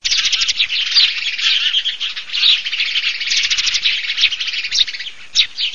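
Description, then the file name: Eurasian tree sparrow calls: a dense, continuous chatter of overlapping chirps and trills, busy and unbroken throughout, with a few louder chirps near the end. "PASSERAMATTUGIAMATTI"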